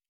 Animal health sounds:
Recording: hydrophone in a shrimp aquaculture tank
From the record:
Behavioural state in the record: normal

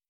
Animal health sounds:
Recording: hydrophone in a shrimp aquaculture tank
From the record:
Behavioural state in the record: starved

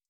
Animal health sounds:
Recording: hydrophone in a shrimp aquaculture tank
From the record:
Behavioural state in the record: stressed

